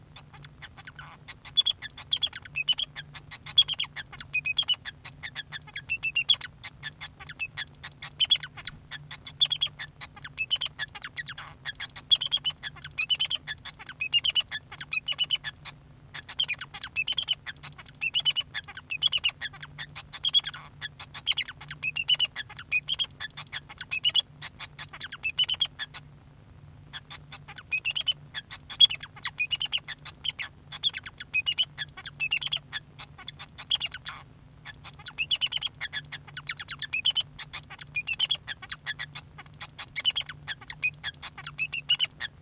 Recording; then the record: song of a male Bengalese finch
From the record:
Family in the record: son of father 2